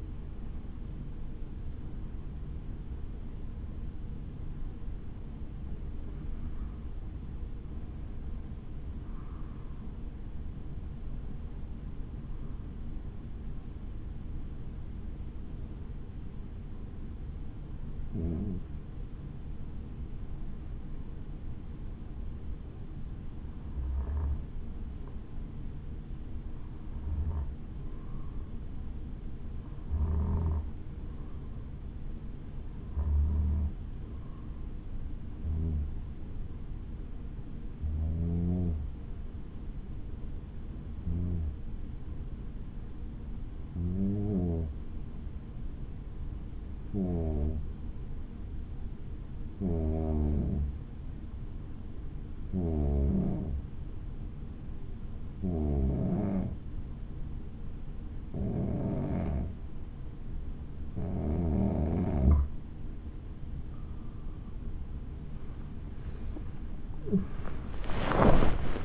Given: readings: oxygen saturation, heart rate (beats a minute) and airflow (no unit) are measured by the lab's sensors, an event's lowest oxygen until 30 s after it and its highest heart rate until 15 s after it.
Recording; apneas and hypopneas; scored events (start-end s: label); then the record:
breathing in sleep by a smartphone at the bedside; 1
7.00-37.00 s: new sleep stage, N1 (lightest sleep)
36.00-62.90 s: hypopnea (N1, oxygen 96% highest, then 90% lowest, heart rate 61 at the start, 85 highest)
37.00-67.00 s: new sleep stage, N2 (light sleep)
67.00-68.85 s: new sleep stage, awake
From the record:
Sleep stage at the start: N2 (light sleep); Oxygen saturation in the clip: 91 to 96%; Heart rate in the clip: 56 to 78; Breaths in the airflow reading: 24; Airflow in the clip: -13.3 to 16.9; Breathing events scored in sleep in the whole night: 216 in 7.0 hours asleep